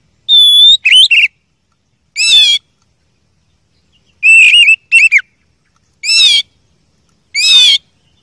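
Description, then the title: Oriental magpie-robin song: loud, separate bursts of whistled and harsh notes, short phrases divided by quiet gaps. First-place champion (juara 1) song, used to tutor other songbirds (masteran). "Masteran Kacer Juara"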